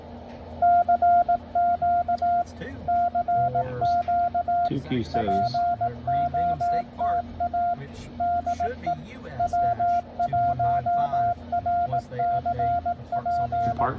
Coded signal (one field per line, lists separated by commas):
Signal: Morse code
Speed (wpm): 18 wpm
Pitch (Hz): 690 Hz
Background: speech, radio noise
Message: CQ CQ POTA DE W1RCP